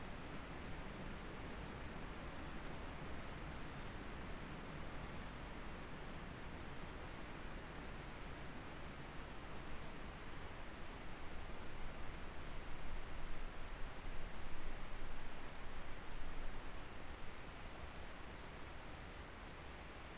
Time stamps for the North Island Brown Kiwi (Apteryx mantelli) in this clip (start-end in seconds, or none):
none